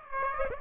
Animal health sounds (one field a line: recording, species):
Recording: mosquito wingbeat signal from an infrared sensor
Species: Aedes aegypti